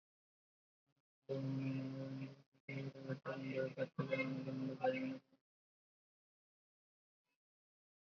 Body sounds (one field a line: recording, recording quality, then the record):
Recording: counting at a normal pace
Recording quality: poor, much background noise or distortion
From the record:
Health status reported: recovered from COVID-19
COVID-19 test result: negative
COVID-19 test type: RT-PCR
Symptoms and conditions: cough, fever, fatigue, muscle pain, asthma, hypertension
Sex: male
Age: 40 years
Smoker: yes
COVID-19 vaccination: both doses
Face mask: worn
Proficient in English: yes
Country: India